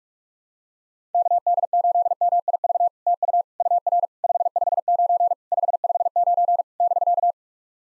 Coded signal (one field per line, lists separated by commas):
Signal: Morse code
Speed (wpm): 46 wpm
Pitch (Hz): 700 Hz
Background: none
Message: KD8MIV TU UR 559 559 <BK>